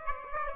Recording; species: mosquito wingbeat signal from an infrared sensor; Aedes aegypti